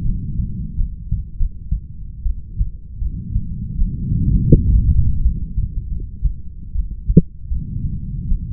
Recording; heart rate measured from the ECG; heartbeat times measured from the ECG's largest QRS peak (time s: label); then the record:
heart sounds by stethoscope; 80 bpm
0.04 s: heartbeat
0.77 s: heartbeat
1.38 s: heartbeat
2.24 s: heartbeat
3.00 s: heartbeat
3.77 s: heartbeat
4.51 s: heartbeat
5.23 s: heartbeat
5.89 s: heartbeat
6.73 s: heartbeat
7.49 s: heartbeat
8.27 s: heartbeat
From the record:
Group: heart failure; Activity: rest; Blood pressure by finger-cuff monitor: 79/53 mmHg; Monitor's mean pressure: 63 mmHg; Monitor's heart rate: 78 bpm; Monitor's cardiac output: 7.1 L/min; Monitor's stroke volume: 86 mL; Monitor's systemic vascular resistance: 570 dyn s/cm5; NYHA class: 1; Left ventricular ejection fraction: 39%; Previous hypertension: present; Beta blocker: carvedilol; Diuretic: furosemide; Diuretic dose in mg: 20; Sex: male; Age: 60 years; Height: 178 cm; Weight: 62 kg